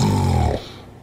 A clear case of sleep apnea.